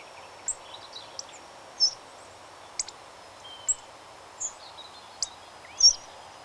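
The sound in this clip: Hawfinch uttering brief, piercing high ticks and short clicks at uneven intervals, some louder than others, against a faint steady hiss.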